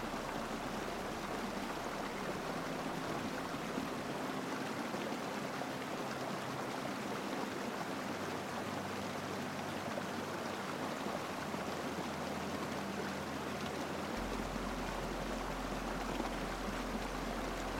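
A stream rushes steadily and densely throughout, a bright hiss of running water that never lets up. Beneath it, soft low sustained musical tones hold and shift to new notes every few seconds, most clearly around four, eight and fourteen seconds.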